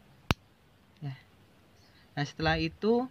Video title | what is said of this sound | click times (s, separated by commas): Teknik pemasangan fast connector fiber optic | Kita langsung klik ini ya. | 0.3 s